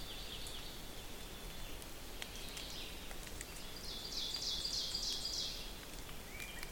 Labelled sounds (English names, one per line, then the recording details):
Ovenbird song
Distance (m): 70 m
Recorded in boreal forest in Alberta, Canada, on 6 June 2016 at 06:53
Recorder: SongMeter 3, array SBT-3-51
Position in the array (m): 236 m, 8 m
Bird 27